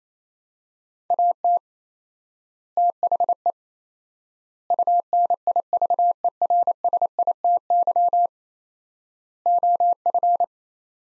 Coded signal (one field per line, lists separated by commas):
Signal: Morse code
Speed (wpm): 28 wpm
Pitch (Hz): 700 Hz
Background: none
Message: AT THE UNIVERSITY OF